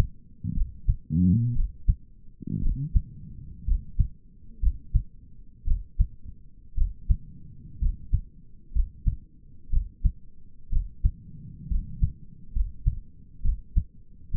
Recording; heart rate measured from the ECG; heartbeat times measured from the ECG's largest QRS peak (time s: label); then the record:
heart sounds by stethoscope; 61 bpm
0.56 s: heartbeat
1.56 s: heartbeat
2.63 s: heartbeat
3.67 s: heartbeat
4.62 s: heartbeat
5.67 s: heartbeat
6.77 s: heartbeat
7.81 s: heartbeat
8.74 s: heartbeat
9.72 s: heartbeat
10.72 s: heartbeat
11.70 s: heartbeat
12.55 s: heartbeat
13.44 s: heartbeat
14.33 s: heartbeat
From the record:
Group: healthy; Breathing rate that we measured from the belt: 15 breaths a minute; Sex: male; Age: 22 years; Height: 181 cm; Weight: 79 kg